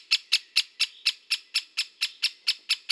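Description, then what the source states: Great spotted woodpecker giving sharp, abrupt kik notes in a steady series, roughly four per second, thirteen notes in a quiet background. Recorded in Slovenia.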